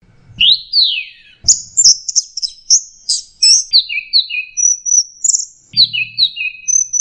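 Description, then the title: Bird song of bright chirps and sweeping whistled notes between mid and very high pitch, short phrases repeated in quick succession, with a few low thumps underneath. "SuaraBurung Kicau"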